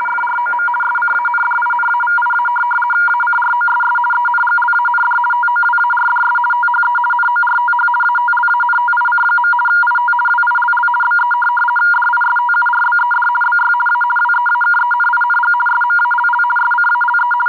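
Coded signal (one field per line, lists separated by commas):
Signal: RTTY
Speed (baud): 50 baud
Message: FROM SCANDINAVIA ACROSS ENGLAND TOWARDS THE NORTH ATLANTIC. IT WILL BE DISTURBED BY A WEAKENING SMALL SCALE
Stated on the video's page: RTTY on 4585 kHz LSB received on a Tecsun PL660 radio.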